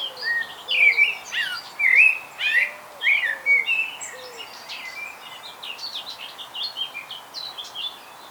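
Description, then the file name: Common blackbird song: loud fluty warbles over about four seconds, then quieter high twitters, with a softer low note repeating underneath. "Turdus merula"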